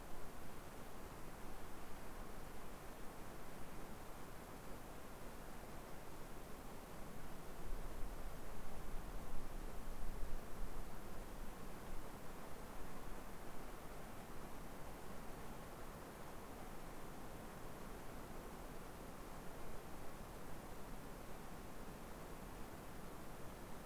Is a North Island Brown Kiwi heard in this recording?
no